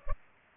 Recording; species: mosquito wingbeat signal from an infrared sensor; Culex pipiens